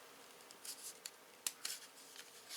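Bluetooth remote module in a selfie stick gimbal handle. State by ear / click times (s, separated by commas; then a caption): released / 1.5 s. A small plastic Bluetooth remote module, locked in its slot in the handle of an extendable smartphone one-axis gimbal selfie stick and tripod, is slid up a little with light scraping and faint ticks. It pops out of the slot with a sharp click at 1.5 s, followed by a softer rattle and brief rubbing. The remote comes free of the handle.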